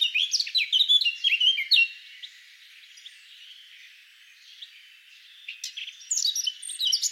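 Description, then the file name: Eurasian blackcap delivering a rapid, scratchy warble, then a quiet pause of several seconds before another bright twittering burst. "Sylvia atricapilla"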